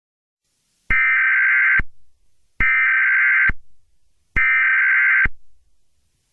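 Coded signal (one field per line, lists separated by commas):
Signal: Emergency Alert System (SAME) tones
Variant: header bursts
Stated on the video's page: Simulated EAS scenario, not a real alert.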